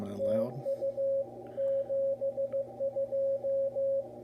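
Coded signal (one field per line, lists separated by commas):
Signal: Morse code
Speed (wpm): 15 wpm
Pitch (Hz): 550 Hz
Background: speech, radio noise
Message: TU 72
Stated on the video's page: Amateur Morse received on a home-built vertical antenna of EMT conduit, covering 30 to 6 meters without radials.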